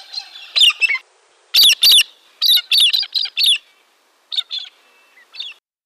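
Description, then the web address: Galah calls, shrill rasping screeches in short clusters, loudest in the first half, then softer scattered notes toward the end. Recorded in a garden in Canberra. "galah. canberra garden birds"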